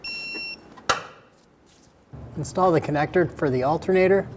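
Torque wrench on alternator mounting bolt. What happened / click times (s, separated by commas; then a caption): The torque wrench clicked at its setting / 0.9 s. A click-type torque wrench tightens the alternator mounting bolt to 35 ft-lb while the alternator is replaced on a 2000-2007 Ford Focus 2.0L L4. A brief steady electronic tone plays first, then the wrench gives one sharp click at 0.9 s as it reaches the setting. After a short quiet pause, someone talks.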